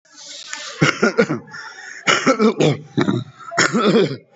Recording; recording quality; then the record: heavy voluntary cough; moderate, slight background noise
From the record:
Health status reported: COVID-19 positive, mild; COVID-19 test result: positive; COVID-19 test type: RT-PCR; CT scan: not taken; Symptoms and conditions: cough, sore throat, muscle pain, hypertension, another condition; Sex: male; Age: 65 years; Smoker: no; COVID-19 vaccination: one dose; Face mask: worn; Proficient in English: no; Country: India